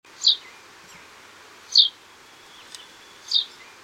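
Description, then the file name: Common chaffinch calls: three short, sharp high notes, each about a second and a half apart, over a faint steady hiss. "Fringilla coelebs"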